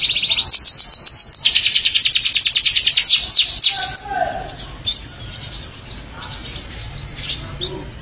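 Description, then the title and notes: Canary song: a rapid high rattling trill for a few seconds, followed by scattered softer chirps. "BM Suara Kenari. BM Suara Burung Kenari"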